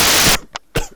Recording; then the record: coughing mixed with background sound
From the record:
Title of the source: Coughing 51